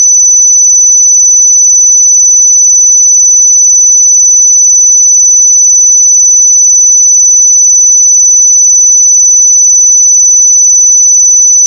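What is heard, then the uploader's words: A pure sine tone at 5994 Hz holds perfectly steady for the full twelve seconds, a single thin, piercing high pitch. Its loudness never wavers, and nothing else sounds behind it; a tiny click marks the very end. 5994 Hz 1 Hz Interval Sine Pure Tone Frequency 441000 Sample Mono.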